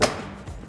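The last of three panel latches on an UnderCover Flex tri-fold tonneau cover, on a 2015-2019 Ford F-150 with a 5.5 or 6.5 ft bed, clicks into place on the bed rail at 0.0 s. A sharp, bright click is followed by a low, fading thud and a quiet tail with a faint sound near the end. The clamp is seated, and all three latches are now locked.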